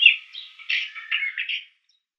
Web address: Schulze Peter Isabelline Shrike song